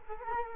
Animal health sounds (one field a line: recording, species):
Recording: mosquito wingbeat signal from an infrared sensor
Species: Culex quinquefasciatus